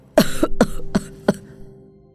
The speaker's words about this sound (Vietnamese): Nói rồi, ông ho lên hù hụ mấy tiếng rồi tắt thở, hai tay buông thõng xuống đất.